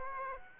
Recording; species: mosquito wingbeat signal from an infrared sensor; Aedes aegypti